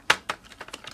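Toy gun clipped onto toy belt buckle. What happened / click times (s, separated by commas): The plastic piece snapped onto the clasp / 0.1 s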